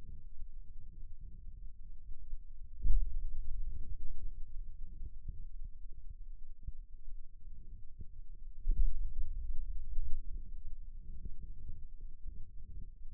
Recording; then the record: forearm muscle sounds (acoustic myography)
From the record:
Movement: pen grasping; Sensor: system 2, bracelet of six BSWA MPA416 microphones around the upper forearm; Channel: 2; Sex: male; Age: 22 years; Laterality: right